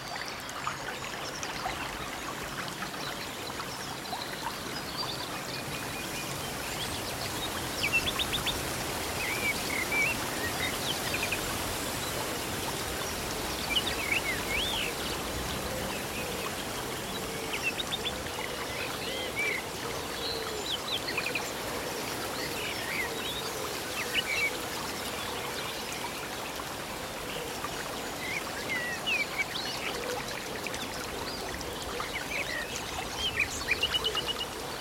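A babbling stream runs steadily throughout, a dense, even rush of bright trickling water. Short bird calls and chirps break through now and then, a few sharper ones around the middle and near the end, while leaves rustle softly beneath.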